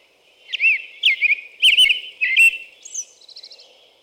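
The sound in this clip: American robin song of four whistled phrases, followed by a thin high note and a short fast trill.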